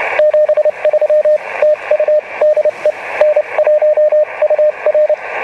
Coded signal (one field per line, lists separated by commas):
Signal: Morse code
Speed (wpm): 28 wpm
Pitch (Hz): 610 Hz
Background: radio noise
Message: 73 TU DE N1UR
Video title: The half square wire antenna on 10 MHz (and more)